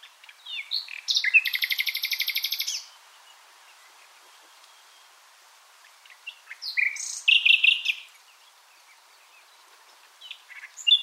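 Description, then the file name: Common nightingale song: a loud buzzy pulsed trill, a long pause, then further harsh and whistled phrases, with a sharp note at the end. "Luscinia megarhynchos"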